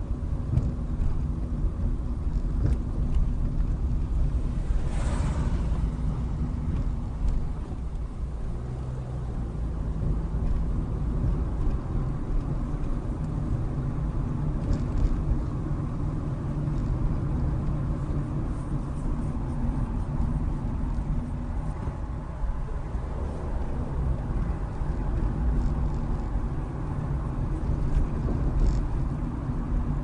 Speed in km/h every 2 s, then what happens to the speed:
21, 19, 19, 15, 23, 29, 31, 31, 31, 24, 16, 21, 27, 31, 29.
0-6 steady at about 19. 6-12 speeds up to 31. 12-17 steady at about 31. 17-20 brakes to 16. 20-25 speeds up to 31.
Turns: none.